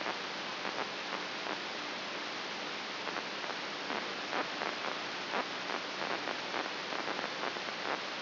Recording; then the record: brain microelectrode recording played as sound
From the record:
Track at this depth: outside the subthalamic nucleus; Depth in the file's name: 4.622 mm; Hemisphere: left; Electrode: 3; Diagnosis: Parkinson's disease